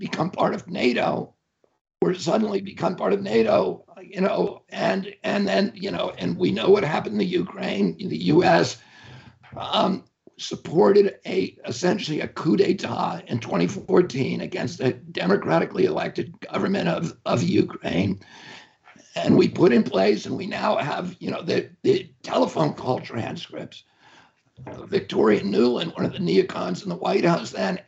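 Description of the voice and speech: An adult man speaks fluently about politics in a tight, strained, rough voice with creaky breaks and a choppy, effortful quality. This is spasmodic dysphonia, a neurological voice disorder in which involuntary spasms of the vocal cords strangle and break up the voice.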